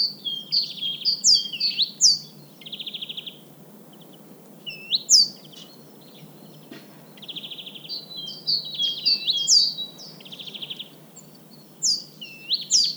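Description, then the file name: Great tit harsh buzzy churrs in short bursts separated by pauses, among sweeping whistles and flicking notes. "Parus major"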